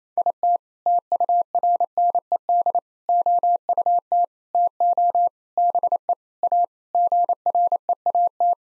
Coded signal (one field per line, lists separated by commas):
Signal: Morse code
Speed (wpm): 28 wpm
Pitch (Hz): 700 Hz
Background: none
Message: IT TURNED OUT TO BE A GREAT